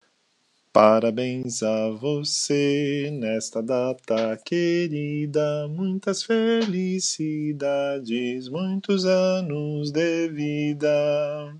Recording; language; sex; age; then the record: short text; Brazilian Portuguese; male; 40 to 49 years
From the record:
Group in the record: control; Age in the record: 45 years